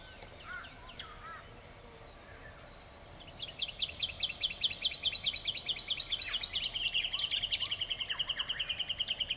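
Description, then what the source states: White-winged triller song: after a few faint chirps, a loud rapid trill of repeated high notes starts, then settles into a steady, slightly lower pulsing trill to the end. Song, recorded October 2006.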